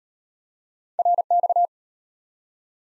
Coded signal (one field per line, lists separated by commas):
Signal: Morse code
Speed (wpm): 34 wpm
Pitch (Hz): 700 Hz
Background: none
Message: RX